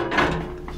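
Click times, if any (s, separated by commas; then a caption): 0.7 s. Inside a Soviet T-34 tank turret, the spring-loaded gun travel lock on the gun mount, released by pulling a D-ring, snaps into its combat position with help from a leg. A low rumbling handling noise fills the clip, and a single short metal click sounds at 0.7 s as the lock latches into place.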